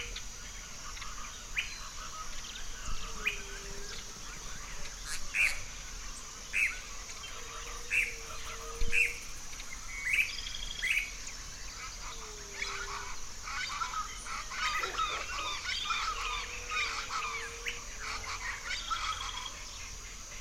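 Birdsong fills an April sunrise in the orchard, with many overlapping chirps and short whistled phrases repeating every second or two. A lower hooting or cooing call recurs every few seconds beneath them, over a steady bright hiss that runs throughout.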